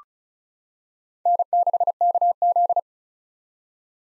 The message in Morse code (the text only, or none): N6KZ